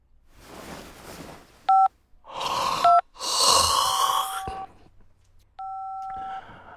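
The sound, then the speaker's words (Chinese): Electronic phone keypad dialing tones as a drowsy, yawning man dials a call, in a scene from the audiobook Qi Gen Xiong Jian: two short beeps, then a longer steady tone, set between loud, breathy whooshing bursts with no speech. “马图文打着哈欠，晕着头，大着舌头给罗任打电话。”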